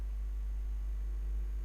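An interchangeable lens is twisted into the mount of a Canon EOS 1300D DSLR camera body again, repeating the turn so the lock click can be heard, since the tick means the lens is properly placed. Only a steady low hum with no distinct sounds is heard. Nothing has seated or clicked yet.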